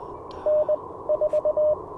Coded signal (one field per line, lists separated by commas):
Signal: Morse code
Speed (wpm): 20 wpm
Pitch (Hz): 600 Hz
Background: radio noise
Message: N4